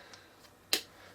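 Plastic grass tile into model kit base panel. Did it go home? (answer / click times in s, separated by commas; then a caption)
yes / 0.7 s. A green plastic grass tile is pressed into the raised squares on the back of a plastic ArcKit architectural model kit base panel. After a faint tick near 0.1 s, a sharp, bright little click sounds at 0.7 s as the tile pops right in and seats.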